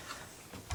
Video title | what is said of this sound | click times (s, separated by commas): Temu 3D Sunset Shadow Box-Unboxing & Build | I don't think I've ever had a USBC that snapped in place like that that's different | 0.7 s